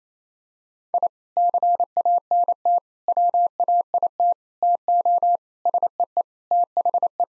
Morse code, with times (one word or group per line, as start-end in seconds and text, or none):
0.9-1.1 I
1.4-2.8 CANT
3.1-4.3 WAIT
4.6-5.4 TO
5.7-6.2 SEE
6.5-7.2 THE